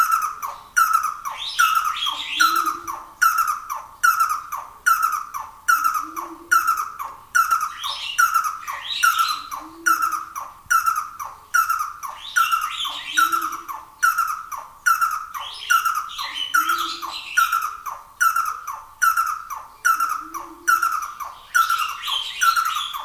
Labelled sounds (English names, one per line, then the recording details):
Red-and-yellow Barbet call
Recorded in captivity
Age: adult
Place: Zoo Berlin, Berlin, DE
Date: 2000-09-07 17:32
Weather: fair, 16°C
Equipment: Nagra SN, Kopie Uher 4000 Report Monitor
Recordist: Tembrock, Günter